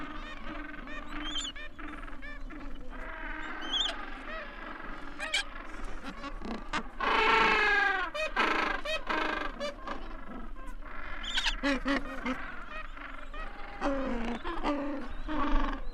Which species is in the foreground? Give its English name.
Gentoo Penguin